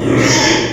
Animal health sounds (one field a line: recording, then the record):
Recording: squeal of a Yucatan mini pig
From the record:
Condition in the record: before surgery on the right vocal fold (resection and tissue-engineered implant)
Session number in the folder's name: 1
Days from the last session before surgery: -3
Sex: male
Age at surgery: 12 weeks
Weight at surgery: 13 kg